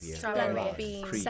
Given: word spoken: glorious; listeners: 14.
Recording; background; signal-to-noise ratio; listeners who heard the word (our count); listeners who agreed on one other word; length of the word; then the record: one English word in noise, from a listening test; four-talker babble; -2.3 dB; 0 of 14; 6 of 14; 0.91 s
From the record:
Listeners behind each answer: 6, 1, 1, 1, 1, 1, 1, 1, 1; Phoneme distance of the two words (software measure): 64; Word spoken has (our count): 2 syllables, 6 phonemes, stress on syllable 1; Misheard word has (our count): 2 syllables, 8 phonemes, stress on syllable 1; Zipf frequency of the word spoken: 4.26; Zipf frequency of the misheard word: 4.05